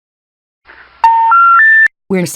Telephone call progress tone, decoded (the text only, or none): special information tone